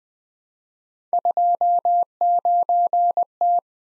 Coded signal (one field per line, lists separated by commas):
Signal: Morse code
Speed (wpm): 20 wpm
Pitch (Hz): 700 Hz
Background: none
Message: 29T